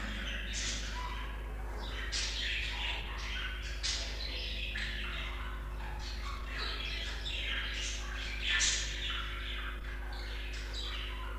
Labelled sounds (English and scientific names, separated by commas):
Budgerigar (Melopsittacus undulatus) call